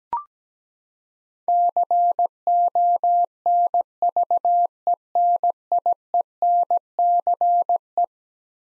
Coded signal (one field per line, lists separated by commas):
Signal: Morse code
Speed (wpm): 17 wpm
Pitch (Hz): 700 Hz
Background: none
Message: CONVENIENCE